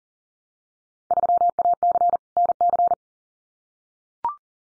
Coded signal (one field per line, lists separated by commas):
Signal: Morse code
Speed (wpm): 38 wpm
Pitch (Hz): 700 Hz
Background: none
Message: 3AC NC